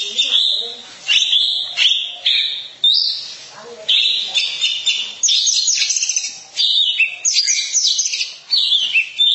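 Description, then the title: Oriental magpie-robin singing repeated short bursts of buzzy chattering phrases with whistled notes, separated by short gaps. Long-duration song style. "Kacer Durasi Panjang"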